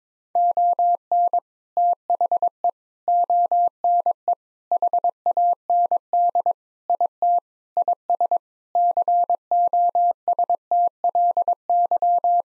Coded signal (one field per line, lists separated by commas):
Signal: Morse code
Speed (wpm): 21 wpm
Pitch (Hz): 700 Hz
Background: none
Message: ON THE ONE HAND IT IS COSTLY